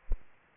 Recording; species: mosquito wingbeat signal from an infrared sensor; Aedes albopictus